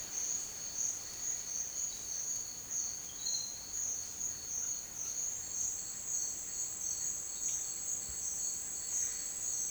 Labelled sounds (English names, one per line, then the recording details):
none
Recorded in dense forest near Puerto Asís, Putumayo, Colombia, on 22 June 2025 at 10:30
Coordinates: 0.468, -76.322
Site GP03